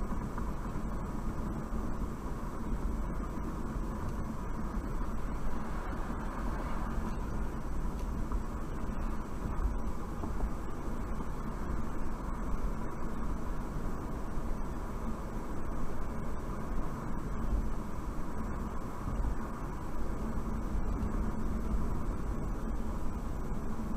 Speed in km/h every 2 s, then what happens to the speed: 60, 60, 60, 58, 60, 60, 60, 60, 61, 60, 60, 60.
0-24 steady at about 60.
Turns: none.